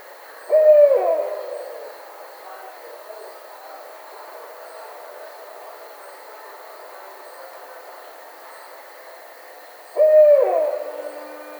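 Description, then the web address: Barred owl calling twice, each a sustained level hoot that falls at its end, the two hoots separated by about nine seconds of quiet. Recorded 10 May 2009. "Barred Owl 2009 05 10"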